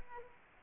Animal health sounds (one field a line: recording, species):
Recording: mosquito wingbeat signal from an infrared sensor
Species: Aedes aegypti